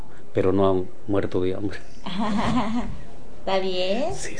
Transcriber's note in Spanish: risas